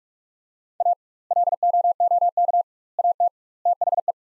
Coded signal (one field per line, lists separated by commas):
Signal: Morse code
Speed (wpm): 44 wpm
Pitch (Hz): 700 Hz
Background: none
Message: A LOOK AT THE